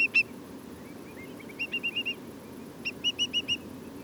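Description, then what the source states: Whimbrel piping calls, short whistled notes in quick runs of four or five, with fainter calls between and a steady low background rumble. Several whimbrels, lots of piping; Portland.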